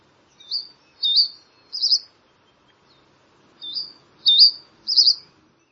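Bird giving two high three-note phrases of slurred chirps ending in a buzzy note, separated by a short pause, against a quiet background.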